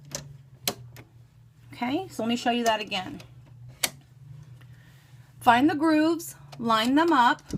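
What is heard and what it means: On a Silhouette Cameo 3 vinyl cutter, the plastic blade holder lock lever is pushed closed over the blade seated in the cutter carriage and clicks shut at 0.7 s, locking the blade in place. A few other short, sharp clicks and taps follow, including a loud one near 3.8 s, while someone talks over a low steady hum.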